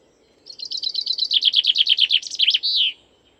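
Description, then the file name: Common chaffinch song: a bright, rapid series of repeated notes stepping downward in pitch, finishing with a quick flourish, about two and a half seconds long, over faint low hum. "suara chaffinch"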